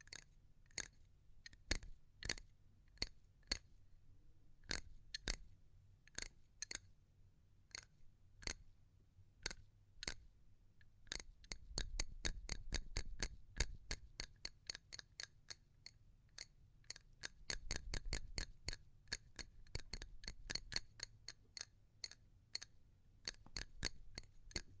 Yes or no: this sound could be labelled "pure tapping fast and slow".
yes